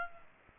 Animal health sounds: mosquito wingbeat signal from an infrared sensor; Aedes aegypti

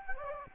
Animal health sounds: mosquito wingbeat signal from an infrared sensor; Anopheles gambiae

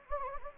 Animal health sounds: mosquito wingbeat signal from an infrared sensor; Anopheles gambiae

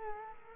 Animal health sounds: mosquito wingbeat signal from an infrared sensor; Culex quinquefasciatus

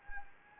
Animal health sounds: mosquito wingbeat signal from an infrared sensor; Anopheles gambiae

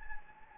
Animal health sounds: mosquito wingbeat signal from an infrared sensor; Anopheles gambiae

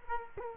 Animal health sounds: mosquito wingbeat signal from an infrared sensor; Culex quinquefasciatus

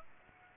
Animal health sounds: mosquito wingbeat signal from an infrared sensor; Aedes aegypti

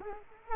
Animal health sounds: mosquito wingbeat signal from an infrared sensor; Culex quinquefasciatus

